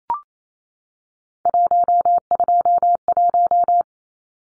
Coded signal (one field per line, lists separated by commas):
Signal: Morse code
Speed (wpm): 28 wpm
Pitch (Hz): 700 Hz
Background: none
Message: 121